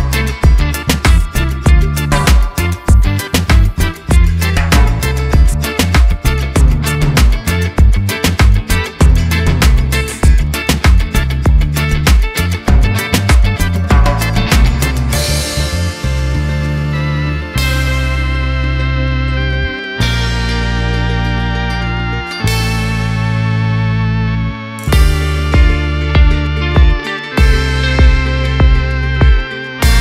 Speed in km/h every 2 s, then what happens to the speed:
103, 100, 95, 93, 97, 97, 97, 95, 97, 97, 93, 93, 92, 92, 85.
0-6 slows to 93. 6-19 steady at about 97. 19-30 slows to 85.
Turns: none.